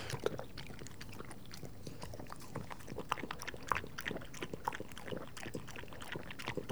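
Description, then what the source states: Dog lapping water: rapid wet slurping clicks in an uneven, continuous stream, with a few louder splashes. Dog drinking water, recorded close up.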